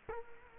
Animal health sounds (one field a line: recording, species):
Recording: mosquito wingbeat signal from an infrared sensor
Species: Culex quinquefasciatus